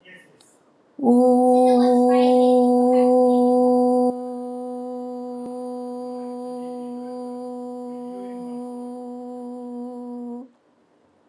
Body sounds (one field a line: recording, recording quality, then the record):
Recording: sustained vowel as in boot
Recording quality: excellent, no background noise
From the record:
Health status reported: recovered from COVID-19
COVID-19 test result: positive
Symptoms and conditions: none ticked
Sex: female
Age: 38 years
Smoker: not ticked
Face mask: not worn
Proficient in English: yes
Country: India